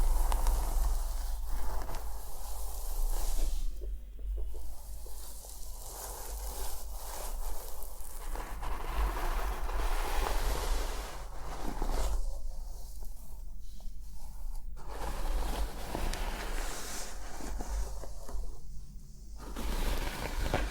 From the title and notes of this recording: ASMR Relaxing Scalp Massage + Hair Care Treatment head massage, scalp scratching + hair brushing.